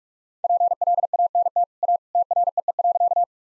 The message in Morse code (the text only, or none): PLANT A TREE.